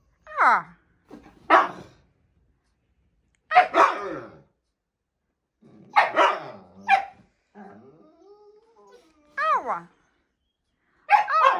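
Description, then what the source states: Siberian Husky: dog giving short separate barks and yelps with silent gaps, plus a soft low whine in the middle and a whimper near the end. Two huskies howling together in a duet inside an apartment; the neighbours are said to be shocked.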